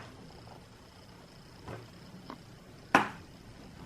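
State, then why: Released. A plastic spudger runs along the seam between the plastic case halves of an HP 15-af157na laptop, with faint ticks around 1.7 s and 2.3 s. A plastic case clip then pops loose from the laptop body with a sharp, loud click at 3.0 s, releasing that section of the case.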